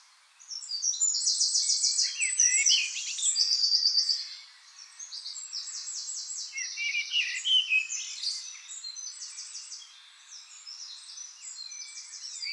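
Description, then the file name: Eurasian wren song bursting out with loud, rapid high trills for about three and a half seconds, then softer tumbling notes and trills continuing. "Troglodytes troglodytes"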